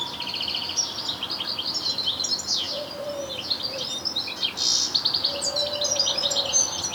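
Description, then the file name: European goldfinch calls: dense, liquid high-pitched twittering in quick bursts, with a soft, low, drawn-out tone appearing a few times. "Carduelis carduelis"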